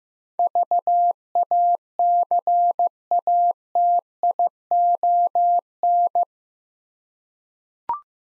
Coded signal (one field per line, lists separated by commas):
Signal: Morse code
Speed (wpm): 15 wpm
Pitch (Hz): 700 Hz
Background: none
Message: VACATION